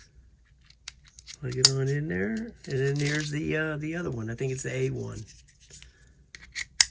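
A plastic detachable arm is plugged into the frame of a SYMA X440 RC toy drone. Someone talks from about 1.4 to 5.3 s over a few faint clicks and handling taps, and the arm seats with a sharp click at 6.8 s.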